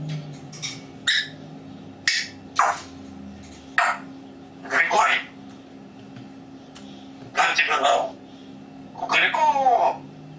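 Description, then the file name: Grey parrot vocalising with scattered clicks and short squawky syllables, then a harmonic, wavering whistled sweep near the end, with quiet pauses between sounds. Grey parrot named Grig, talking. "a vot eto razgovarivaet odna pernataya skotina po imeni grig"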